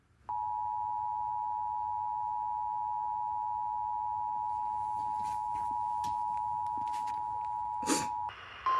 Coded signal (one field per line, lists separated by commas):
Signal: Emergency Alert System (SAME) tones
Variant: 853 and 960 Hz attention tone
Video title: EAS 7K Milestone! EAS Alerts from the week of (1/26/25-2/01/25) EAS 6999-7023